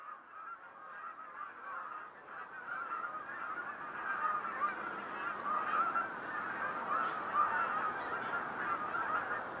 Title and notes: Canada Geese. A little while ago it was fall here in Canada. Hearing geese flying low overhead is pretty neat. You can hear a faint whistle of their wings working. Quietly moving through the air with the occasional honk